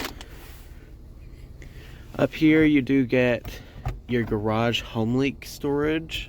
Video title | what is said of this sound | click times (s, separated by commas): 2007 Toyota Sienna CE Full Review | access to lock to the back and then you just pull it back up and it lock in place | 0.2 s